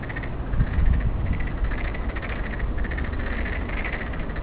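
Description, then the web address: Frogs croak in rapid, pulsed rattling bursts one after another, over a constant low rumble. Hachimannuma, 2015. "itoshikimono KAERU-HACHIMANNUMA-2015"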